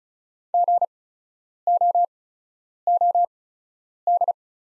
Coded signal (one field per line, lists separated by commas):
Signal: Morse code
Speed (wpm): 36 wpm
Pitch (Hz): 700 Hz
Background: none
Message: GOOD